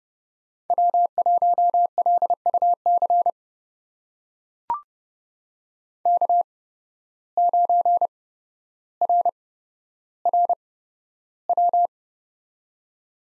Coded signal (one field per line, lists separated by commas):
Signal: Morse code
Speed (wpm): 30 wpm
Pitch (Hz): 700 Hz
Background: none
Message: W1LUC K9RRW